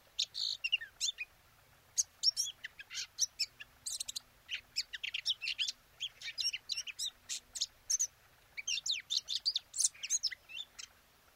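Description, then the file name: Eurasian blackcap song: fast bursts of high chattering and scratchy warbled notes with brief sharper chips scattered through, broken by a few short pauses. "Sylvia atricapilla"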